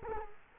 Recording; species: mosquito wingbeat signal from an infrared sensor; Culex quinquefasciatus